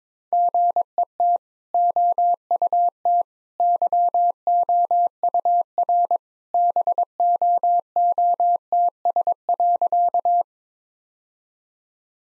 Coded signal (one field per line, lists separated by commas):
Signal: Morse code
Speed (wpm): 22 wpm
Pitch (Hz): 700 Hz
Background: none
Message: GET OUT YOUR BOOTS.